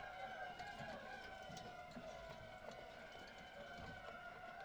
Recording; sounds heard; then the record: poultry house recording; healthy chickens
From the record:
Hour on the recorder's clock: 18